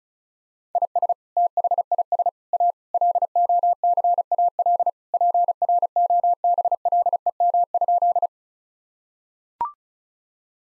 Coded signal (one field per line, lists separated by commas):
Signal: Morse code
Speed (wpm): 36 wpm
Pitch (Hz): 700 Hz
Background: none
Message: IS THIS A LOCAL PROBLEM?